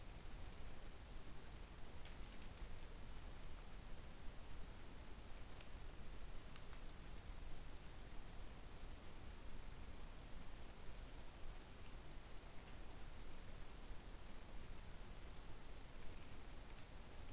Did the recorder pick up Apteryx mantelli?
no